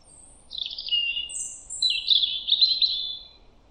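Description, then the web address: European robin song: a thin high note, then a quick descending warble, a brief high whistle, and a longer tinkling, wavering phrase; quiet background. "Deverinetal 2025 File origin Bird Only Er Ru"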